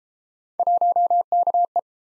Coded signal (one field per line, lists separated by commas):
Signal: Morse code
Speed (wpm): 30 wpm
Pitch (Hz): 700 Hz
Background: none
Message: 1KE